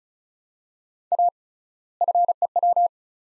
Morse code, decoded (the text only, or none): A FEW